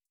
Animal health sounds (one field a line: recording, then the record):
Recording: hydrophone in a shrimp aquaculture tank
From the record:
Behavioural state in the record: starved